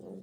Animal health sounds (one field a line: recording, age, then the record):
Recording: pig call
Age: piglet (1 to 25 days)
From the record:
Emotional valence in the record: negative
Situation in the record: short isolation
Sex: male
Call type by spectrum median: low-frequency call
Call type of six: low-frequency stable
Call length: 0.22 s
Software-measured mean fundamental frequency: 54 Hz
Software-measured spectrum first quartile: 201 Hz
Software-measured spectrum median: 328 Hz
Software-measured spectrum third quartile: 474 Hz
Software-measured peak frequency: 405 Hz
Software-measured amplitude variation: 67 dB a second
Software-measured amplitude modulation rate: 20.1 a second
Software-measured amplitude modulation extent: 3.3 dB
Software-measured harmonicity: 3.9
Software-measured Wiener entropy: 0.22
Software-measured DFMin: 1103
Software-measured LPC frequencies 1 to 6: 422, 3101, 3840, 5048, 6095, 6986 Hz